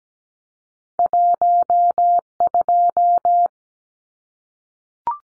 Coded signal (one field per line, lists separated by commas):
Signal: Morse code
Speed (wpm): 17 wpm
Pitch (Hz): 700 Hz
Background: none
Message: 12